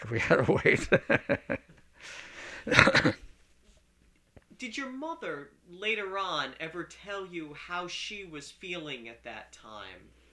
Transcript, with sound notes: We had to wait. (he laughs)
Did your mother, later on, ever tell you how she was feeling at that time?